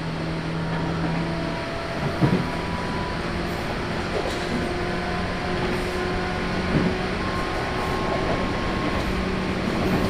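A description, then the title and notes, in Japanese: A local train on the Chuo East Line, Otsuki to Takao. A steady, dense low rumble runs throughout, with a few faint constant hums and a higher whine layered on top. Brief knocks stand out around two and seven seconds. 中央東線普通 大月→高尾。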